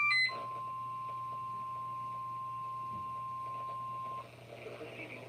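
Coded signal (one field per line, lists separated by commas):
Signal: Emergency Alert System (SAME) tones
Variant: 1050 Hz attention tone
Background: speech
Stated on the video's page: Required Weekly Test from CKW2000.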